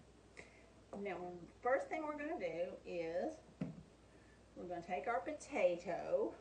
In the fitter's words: And then this snaps into place. See?